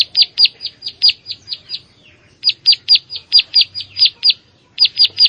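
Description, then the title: Prinia producing short groups of high, sharp chirps separated by brief pauses, a slower and more broken rhythm. "Ciblek Sawah"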